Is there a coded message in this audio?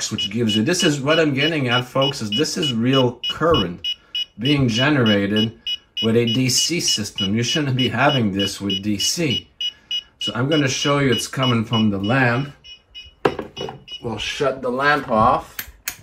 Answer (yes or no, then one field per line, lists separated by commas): no